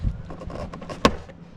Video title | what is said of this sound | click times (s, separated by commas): Broken speed 3 update! (Fixed) | we got both sides and locked in so she's on there good | 1.1 s